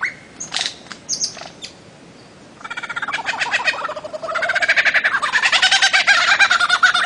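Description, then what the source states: Bird-of-paradise song opening with scattered chirps, then a rapid buzzy trill that grows louder and fuller through the second half. Master song for training songbirds.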